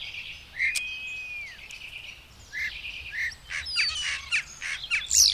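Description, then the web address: Bird song with a long clear whistle that ends in a downward slide, then short whistled notes and scattered high chirps. "madarak enek"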